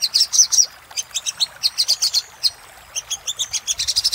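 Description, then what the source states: Little spiderhunter song of high chipping notes in uneven bursts, a short pause, then faster chips at the end. Used for training cage birds.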